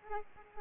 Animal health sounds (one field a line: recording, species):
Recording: mosquito wingbeat signal from an infrared sensor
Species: Aedes aegypti